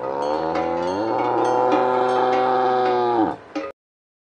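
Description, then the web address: Kouprey giving one long, steady moo of about three seconds that drops and ends abruptly, followed by a short after-grunt. "Kouprey. صدای-گاو-کامبوجی"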